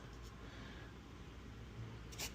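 A model part for an industrial building diorama is handled and pushed toward its slot in the diorama structure. Low, steady background noise runs throughout, with faint brief bursts of noise near 0.2 s and 2.2 s. Nothing has seated or snapped into place yet.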